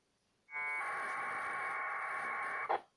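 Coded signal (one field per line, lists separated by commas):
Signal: packet radio (AX.25, as in APRS)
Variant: 1200 baud AFSK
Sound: one harsh two-second buzzing data burst, then a brief squelch crash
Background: radio squelch noise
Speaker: was a huge Packer that just came in and I'm sending an acknowledgement another packets coming in I'm sending an acknowledgement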